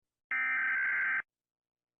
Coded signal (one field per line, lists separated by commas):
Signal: Emergency Alert System (SAME) tones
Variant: header bursts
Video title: Rating EAS alarms